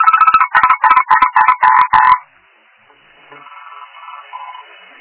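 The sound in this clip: Frog croaking in a fast run of loud pulsed notes for about two seconds, followed by faint, softer croaks in the background.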